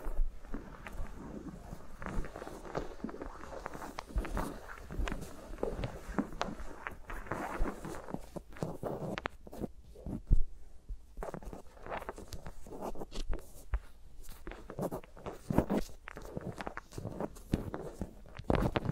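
Fingers move around and rub against microphones, making dense, continuous rustling and scratching. Sharp taps and soft thumps break through irregularly, several each second, with brief lulls near ten seconds. A low rumble runs underneath throughout.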